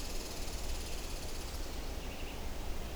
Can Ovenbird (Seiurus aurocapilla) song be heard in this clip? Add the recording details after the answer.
no. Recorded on 25 June 2016 at 05:45. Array SBT-6-76